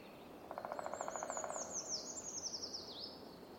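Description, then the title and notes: Woodpecker drumming, a fast steady roll of about a second early on, overlapped and followed by a high, sweeping, descending songbird trill. Woodpeckers drumming on tree trunks shortly after dawn in Fermansbo Urskog Nature Reserve; forest extremely calm. "Woodpeckers at dawn. Shortly after dawn in the heart of the Fermansbo Urskog Nature Reserve, woodpeckers begin drumming on tree trunks"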